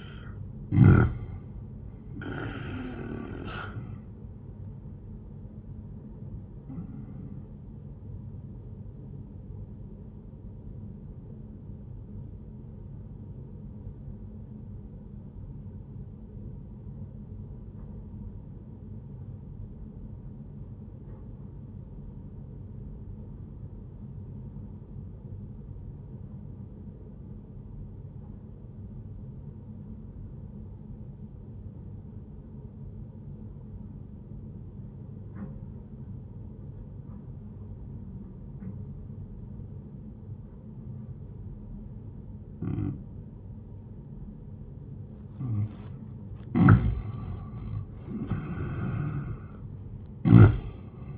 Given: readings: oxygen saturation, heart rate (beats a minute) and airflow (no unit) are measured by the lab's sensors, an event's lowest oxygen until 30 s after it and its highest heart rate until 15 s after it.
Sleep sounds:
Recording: breathing in sleep by a smartphone at the bedside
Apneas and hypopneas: 1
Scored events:
13.00-45.80 s: obstructive apnea (N1, oxygen 97% highest, then 88% lowest, heart rate 71 at the start, 83 highest)
30.00-51.18 s: new sleep stage, N2 (light sleep)
From the record:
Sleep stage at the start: N1 (lightest sleep)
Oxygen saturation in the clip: 87 to 97%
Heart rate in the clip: 67 to 86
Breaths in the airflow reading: 3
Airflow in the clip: -9.6 to 14.1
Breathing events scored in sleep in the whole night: 131 in 7.2 hours asleep

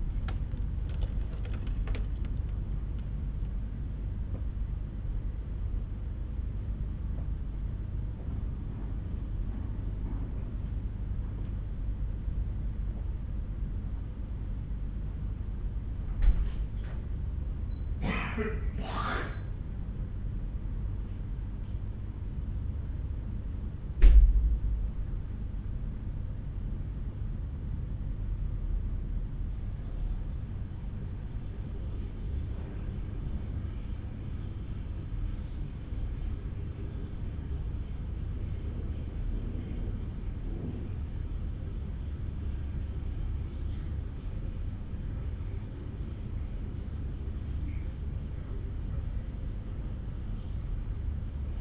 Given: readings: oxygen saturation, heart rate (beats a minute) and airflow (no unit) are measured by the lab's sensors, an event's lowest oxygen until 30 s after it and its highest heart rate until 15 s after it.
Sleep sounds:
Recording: a person awake in a sleep study, by a smartphone at the bedside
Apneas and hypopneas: none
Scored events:
0.00-51.61 s: awake
From the record:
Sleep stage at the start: awake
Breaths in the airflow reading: 21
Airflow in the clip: -0.8 to 0.7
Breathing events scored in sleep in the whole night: 368 in 8.0 hours asleep

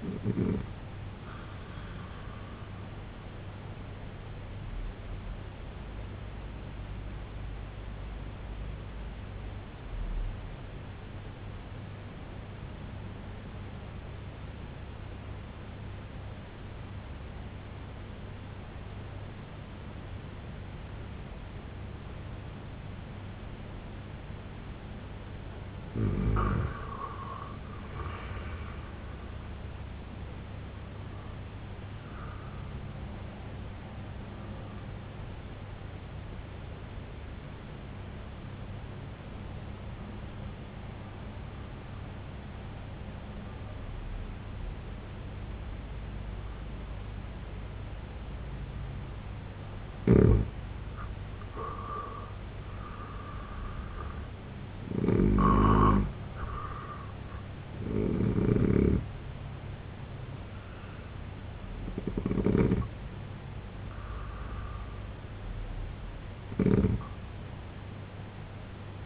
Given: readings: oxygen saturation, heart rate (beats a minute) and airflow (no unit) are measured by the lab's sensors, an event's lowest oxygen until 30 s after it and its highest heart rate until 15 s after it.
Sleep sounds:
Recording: breathing in sleep by a voice recorder at the bedside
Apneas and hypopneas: 2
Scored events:
4.00-25.10 s: obstructive apnea (N1, oxygen 96% highest, then 88% lowest, heart rate 75 at the start, 87 highest)
8.00-69.06 s: new sleep stage, N2 (light sleep)
36.00-51.80 s: obstructive apnea (N2, oxygen 91% highest, then 88% lowest, heart rate 67 at the start, 84 highest)
From the record:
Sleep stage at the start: N1 (lightest sleep)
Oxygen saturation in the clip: 88 to 96%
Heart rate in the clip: 61 to 100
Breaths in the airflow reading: 6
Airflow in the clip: -6.3 to 8.3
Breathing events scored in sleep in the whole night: 258 in 7.4 hours asleep

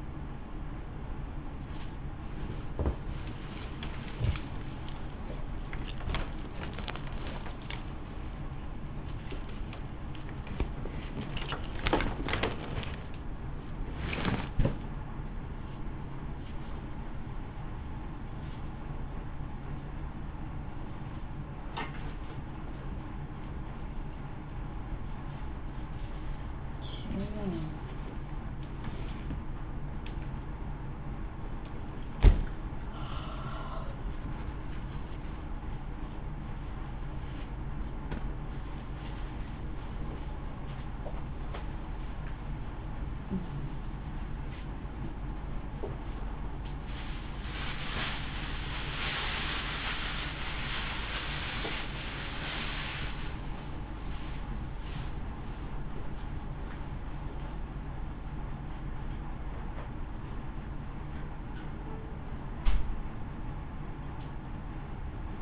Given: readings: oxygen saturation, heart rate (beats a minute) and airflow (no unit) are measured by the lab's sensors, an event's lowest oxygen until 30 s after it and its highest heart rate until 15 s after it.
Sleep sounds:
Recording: a person awake in a sleep study, by a smartphone at the bedside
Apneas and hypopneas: none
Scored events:
0.00-65.41 s: awake
0.00-65.41 s: awake
From the record:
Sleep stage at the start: awake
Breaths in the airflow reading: 23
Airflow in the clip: -0.9 to 0.8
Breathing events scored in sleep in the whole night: 328 in 6.3 hours asleep

